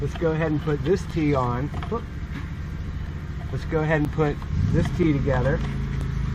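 A plastic drainage tee fitting is handled at the cut end of a corrugated plastic yard drain pipe while someone talks over a steady low rumble. Nothing has seated or clicked yet.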